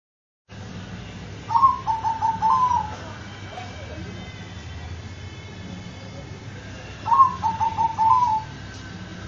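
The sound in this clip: Dove song of short, hollow coos in two phrases, one around the second second and another near the end, separated by several seconds of faint hum.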